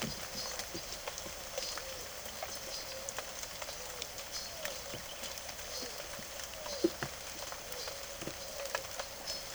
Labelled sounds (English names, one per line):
none